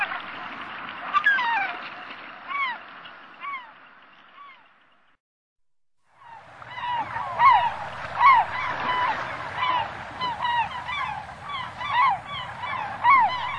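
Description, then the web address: Slaty-backed gull calls: repeated falling yelps from a group of gulls, a brief silent break midway, then a denser run of overlapping calls. Recorded on Sakhalin and the Kuril Islands. "priroda sakhalina i kuril. Larus schistisagus"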